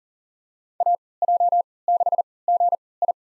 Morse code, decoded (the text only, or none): AJ6GI